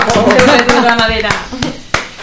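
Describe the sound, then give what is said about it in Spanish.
An audience claps in a steady rhythm, sharp hand claps landing evenly under a loud sustained voice that carries over the beat. “¡Un aplauso fuerte!”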